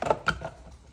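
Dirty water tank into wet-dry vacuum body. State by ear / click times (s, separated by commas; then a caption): seated / 0.0 s, 0.1 s. A plastic dirty water tank from a wet mop vacuum is set back into its bay on the back of the body and snaps home, with sharp clicks at 0.0 and 0.1 seconds. Softer knocks follow, and the tank is seated in place.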